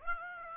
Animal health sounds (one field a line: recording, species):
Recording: mosquito wingbeat signal from an infrared sensor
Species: Aedes aegypti